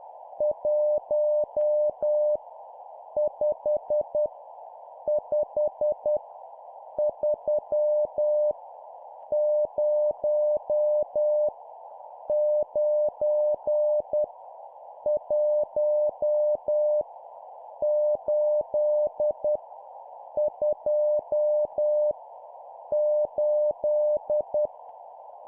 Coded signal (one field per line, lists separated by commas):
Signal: Morse code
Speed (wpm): 10 wpm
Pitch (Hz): 600 Hz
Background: none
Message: 1 5 5 3 0 9 1 8 2 8